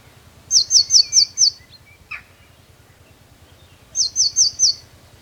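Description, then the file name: Eurasian blue tit calling: a run of five thin, high, falling notes, a short lower chirp, then a run of four more. "Cyanistes caeruleus"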